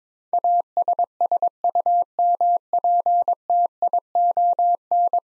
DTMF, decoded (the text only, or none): none